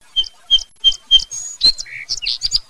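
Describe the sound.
Song sparrow notes: four clear, evenly spaced chips, then a quick jumble of buzzy and whistled notes at varied pitches.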